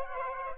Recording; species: mosquito wingbeat signal from an infrared sensor; Aedes aegypti